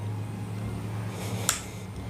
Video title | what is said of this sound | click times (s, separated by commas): *NEW* Dji Action5Pro unboxing, tips and my personal favorite accessories | okay you heard that good snap and then you close it boom shaka Locka now | 1.5 s